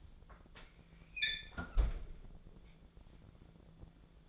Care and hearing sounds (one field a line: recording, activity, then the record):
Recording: daily activity, microphone in the room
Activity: close fridge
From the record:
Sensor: 5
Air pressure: 1000.2 hPa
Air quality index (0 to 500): 102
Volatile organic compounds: 1 ppm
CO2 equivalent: 829 ppm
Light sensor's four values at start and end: 240/570/243/267 and 237/562/240/263